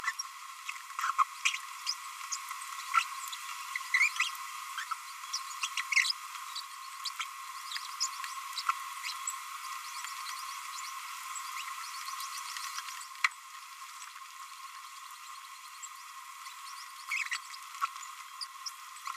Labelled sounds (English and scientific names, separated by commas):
Green-rumped Parrotlet (Forpus passerinus) babbling